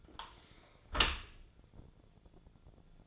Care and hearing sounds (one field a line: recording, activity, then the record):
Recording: daily activity, microphone in the room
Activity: close dishwasher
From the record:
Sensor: 5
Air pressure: 1000.6 hPa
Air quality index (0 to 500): 152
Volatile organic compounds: 2 ppm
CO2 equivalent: 1164 ppm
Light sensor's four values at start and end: 42/95/41/44 and 42/95/41/44